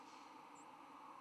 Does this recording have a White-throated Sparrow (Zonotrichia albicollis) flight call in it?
no